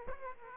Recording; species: mosquito wingbeat signal from an infrared sensor; Aedes aegypti